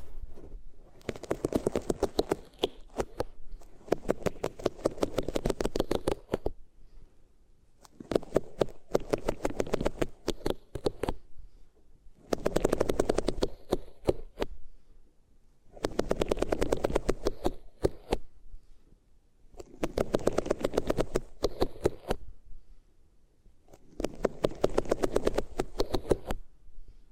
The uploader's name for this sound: Rubbing Your Ears on Different Materials